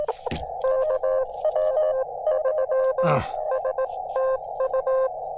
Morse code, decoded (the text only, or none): KM3STU